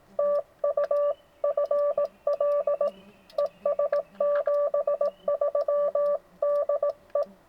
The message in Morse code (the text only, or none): TU FL ES 73 DE